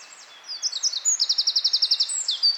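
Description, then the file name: Eurasian wren song fragment: fast, high, rattling trill of evenly repeated sharp notes, preceded by a few thin whistled slurs. "Troglodytes troglodytes"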